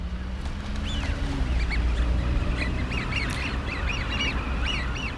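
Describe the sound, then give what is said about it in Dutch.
Eurasian wigeon give a steady stream of whistled, falling 'whee-oo' calls from many birds at once, overlapping over a constant low rumble. “Dus ik zou zeggen dat de smint is zo'n beetje de grutto van de winter.”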